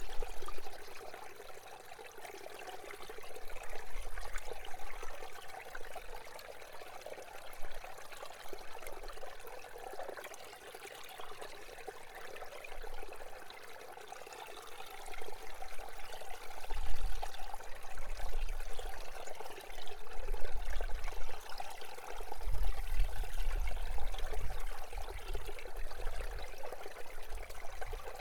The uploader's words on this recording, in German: Wasser, das unter Eis entlangfließt und das immer wieder vom oben vom Berg Luftblasen dabei mitnimmt, direkt von auf dem Eis aufgenommen. Wasser unter Eis.